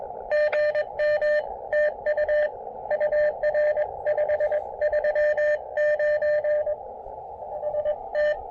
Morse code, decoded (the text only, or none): GM TU UR 539 ST